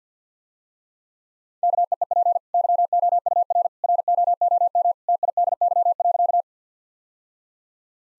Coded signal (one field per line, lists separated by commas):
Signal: Morse code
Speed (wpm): 50 wpm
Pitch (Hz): 700 Hz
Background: none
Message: KEEP YOUR ROOM TIDY.